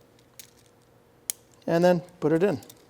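A metal CPU cooler backplate bracket, with its adjustable bolts pulled out for an LGA 1700 socket, is being pressed toward the four mounting holes around the CPU socket on the back of a flipped motherboard. A faint tick sounds at about 0.4 s and a sharper tick at about 1.3 s, then someone talks. Nothing has seated or clicked yet.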